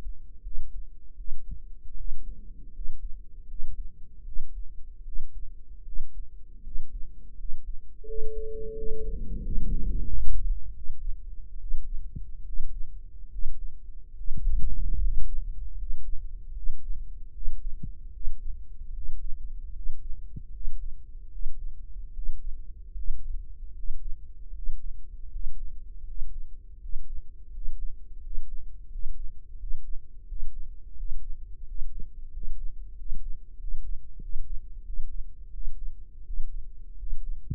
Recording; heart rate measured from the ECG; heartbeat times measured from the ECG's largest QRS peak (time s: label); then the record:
heart sounds by microphone in the right ear; 80 bpm
0.42 s: heartbeat
1.16 s: heartbeat
1.96 s: heartbeat
2.72 s: heartbeat
3.46 s: heartbeat
4.24 s: heartbeat
5.03 s: heartbeat
5.83 s: heartbeat
6.62 s: heartbeat
7.36 s: heartbeat
8.05 s: heartbeat
8.74 s: heartbeat
9.41 s: heartbeat
10.06 s: heartbeat
10.72 s: heartbeat
11.58 s: heartbeat
12.44 s: heartbeat
13.29 s: heartbeat
14.14 s: heartbeat
14.97 s: heartbeat
15.76 s: heartbeat
16.53 s: heartbeat
17.31 s: heartbeat
18.11 s: heartbeat
18.92 s: heartbeat
19.72 s: heartbeat
20.51 s: heartbeat
21.29 s: heartbeat
22.12 s: heartbeat
22.93 s: heartbeat
23.73 s: heartbeat
24.52 s: heartbeat
25.29 s: heartbeat
26.03 s: heartbeat
26.78 s: heartbeat
27.50 s: heartbeat
28.20 s: heartbeat
28.88 s: heartbeat
29.56 s: heartbeat
30.25 s: heartbeat
30.94 s: heartbeat
31.64 s: heartbeat
32.30 s: heartbeat
32.95 s: heartbeat
33.57 s: heartbeat
34.19 s: heartbeat
34.83 s: heartbeat
35.51 s: heartbeat
36.23 s: heartbeat
36.96 s: heartbeat
From the record:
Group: healthy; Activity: rest 0-8 s, breath hold 8-38 s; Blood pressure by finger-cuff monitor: 127/77 mmHg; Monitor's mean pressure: 86 mmHg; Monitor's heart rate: 79 bpm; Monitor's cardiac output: 6.8 L/min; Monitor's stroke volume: 85 mL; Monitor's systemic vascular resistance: 890 dyn s/cm5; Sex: male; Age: 23 years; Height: 179 cm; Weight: 87 kg